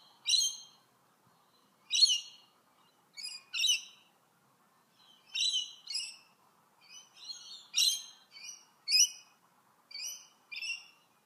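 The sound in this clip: Bird chirps, short bright tweets in uneven bursts, some doubled, with a faint steady hiss underneath.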